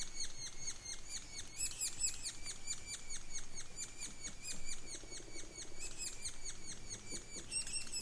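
Sapsucker calls: rapid, steady series of sharp, downslurred high notes, several per second, continuing throughout with a faint low rumble beneath.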